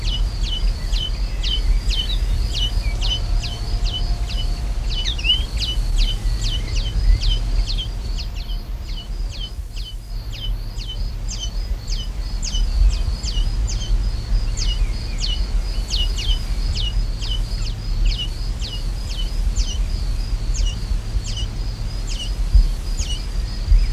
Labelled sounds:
Common Linnet call
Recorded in the wild
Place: Kohfidisch, Burgenland, AT
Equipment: Halbspur, 9,5 cm/s
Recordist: Lütgens, Hans
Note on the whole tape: Junge Hänflinge betteln im Nest

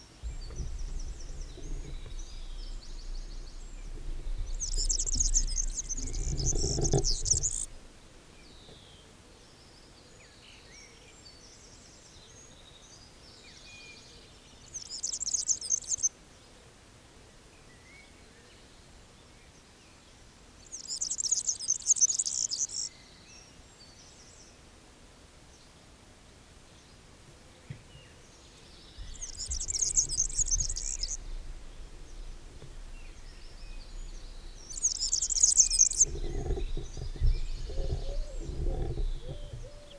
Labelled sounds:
European Serin song
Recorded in the wild
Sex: male
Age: adult
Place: Bielefeld-Gadderbaum, Teutoburger Wald, Nordrhein-Westfalen, DE
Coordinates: 52.0147, 8.51
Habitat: park
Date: 1967-06-04
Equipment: Uher 4000 Report-S, Bändchenmikro Beyer M 260, Parabolspiegel Polyester (470 mm)
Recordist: Conrads, Klaus
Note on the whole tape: Botanischer Garten Bielefeld. Männchen: Gesang

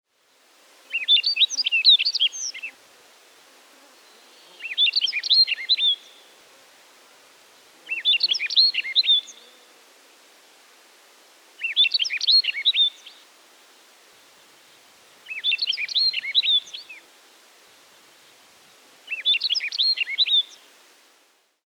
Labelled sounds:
Rustic Bunting
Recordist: Frommolt, Karl-Heinz
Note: Gesang

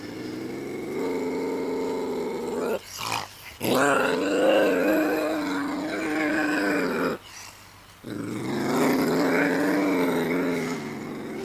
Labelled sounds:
Ocelot call
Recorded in captivity
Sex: male
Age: adult
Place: Zoo Rostock, Mecklenburg-Vorpommern, DE
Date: 1984-02-04
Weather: overcast, 3-6°C
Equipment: Nagra SN, Kopie Uher 4000 Report Monitor
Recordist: Tembrock, Günter

